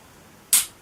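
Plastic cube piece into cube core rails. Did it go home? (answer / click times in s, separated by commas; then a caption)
yes / 0.5 s. A plastic piece of a DIY puzzle cube is pushed into its rail on the cube core until it snaps in. After a quiet stretch, a single sharp, bright click sounds at 0.5 s and fades out over about two tenths of a second. The piece is confirmed seated and clicked in perfectly.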